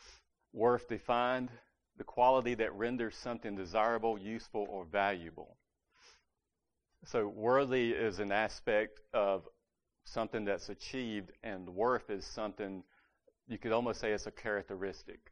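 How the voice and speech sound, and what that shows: Fluent adult male speech in which 'worth' comes out as 'werf', the TH sound replaced by F, while other TH sounds such as 'the' and 'something' are produced. The speaker describes this TH difficulty as one of his speech impediments.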